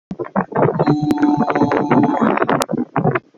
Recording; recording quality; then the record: sustained vowel as in boot; poor, much background noise or distortion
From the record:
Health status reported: healthy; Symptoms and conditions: none ticked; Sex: male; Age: 32 years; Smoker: not ticked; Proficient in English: yes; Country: Canada